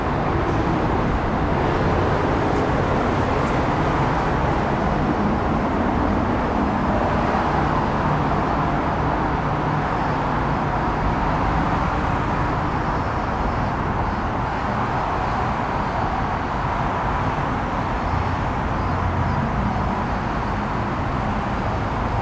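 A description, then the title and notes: Field recording at Odaiba Kaihin Park in Tokyo, filled with a steady, dense roar of vehicle traffic. The low rumble and midrange wash hold constant for the whole stretch, with no clear individual events standing out. Field-recorded at Odaiba Kaihin Park, Tokyo.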